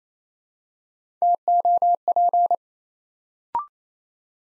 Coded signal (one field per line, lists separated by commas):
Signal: Morse code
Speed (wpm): 28 wpm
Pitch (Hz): 700 Hz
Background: none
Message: TOP